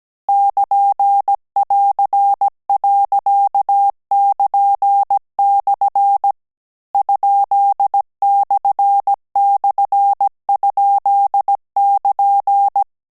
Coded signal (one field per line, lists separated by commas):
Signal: Morse code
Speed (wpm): 17 wpm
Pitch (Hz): 800 Hz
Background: none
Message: <KN><AR>.<KN>/ ?//?<KN>